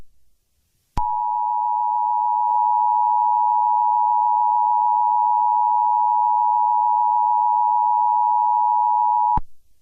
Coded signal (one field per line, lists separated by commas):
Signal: Emergency Alert System (SAME) tones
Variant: 853 and 960 Hz attention tone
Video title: EAS: Milwaukee video Part 2